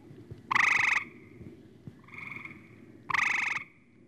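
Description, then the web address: Frog croaks: two loud harsh calls about two and a half seconds apart, with a softer croak between them. "лягушки"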